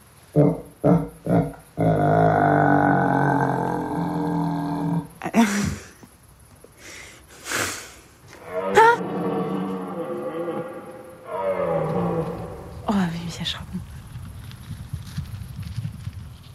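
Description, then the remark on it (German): A red deer stag's roar imitated by blowing a triton shell: a few short grunting blasts, then a long, loud, rough moaning bellow, followed by further hoarse, wavering calls. “Das war ein Hirsch.”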